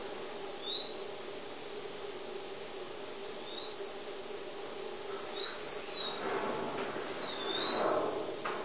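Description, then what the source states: House mouse song, heard as short whistled sweeps given singly or in small groups a few seconds apart, over a low steady hum. Mouse ultrasonic song.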